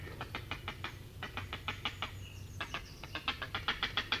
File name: Grey Heron (Ardea cinerea)